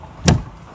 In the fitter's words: It just clips in.